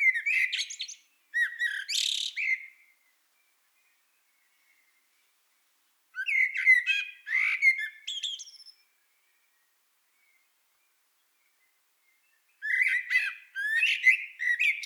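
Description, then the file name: Common blackbird singing three separate phrases, each a low fluty whistle running into a squeaky, twittering ending, with pauses of several seconds between. "Turdus merula"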